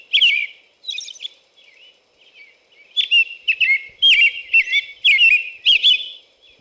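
American robin song: clear slurred whistled phrases with thin high squeaky notes, coming in bursts after a short pause, with faint low background hum.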